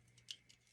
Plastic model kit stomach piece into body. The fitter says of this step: this just clicks right in